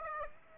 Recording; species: mosquito wingbeat signal from an infrared sensor; Aedes aegypti